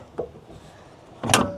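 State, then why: Seated. A tonneau cover mounting clamp is fitted under the truck bed rail of a 2024 Super Duty, with the clamp checked for a click. A faint tap at 0.2 s is followed by a bright, sharp metallic click at 1.3 s, the loudest hit in the clip. The clamp clicks into place, confirmed as seated.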